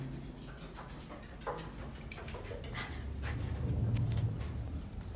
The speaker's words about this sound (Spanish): Goliath, un perro de raza Yorkshire Terrier. Basta con decir, vámonos, y al instante se emocionará y te esperará cerca de la puerta